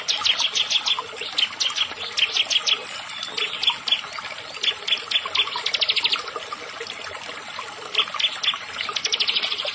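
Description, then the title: Bar-winged prinia singing dense, high, rapid clicking note series in repeated bursts. "Ciblek Sawah"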